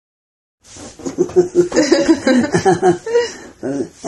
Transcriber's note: laughs